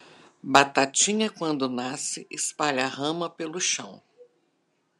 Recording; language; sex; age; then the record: short text; Brazilian Portuguese; female; 60 to 69 years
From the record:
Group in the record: control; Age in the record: 61 years